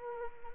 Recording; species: mosquito wingbeat signal from an infrared sensor; Anopheles arabiensis